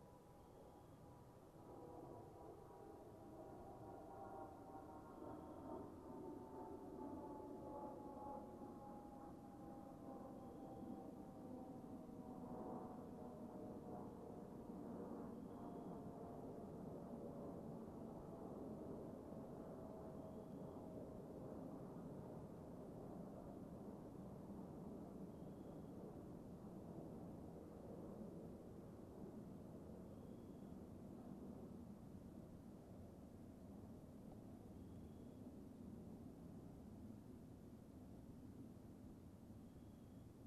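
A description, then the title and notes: A plane passes with a steady low roar and slowly falling whine, while a small critter chirps faintly every few seconds through the breeze. A pond at RibbonWalk Nature Preserve. Featuring a cold breeze, passing planes and a chirping critter.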